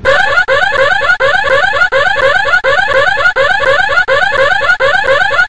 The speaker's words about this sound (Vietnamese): Đúng lúc đó, tiếng chuông báo động vang lên. Và đó là thứ âm thanh to nhất mà Tracy từng nghe thấy. Nó như dồn dập vang lên từ mọi góc phòng đến xé cả tai.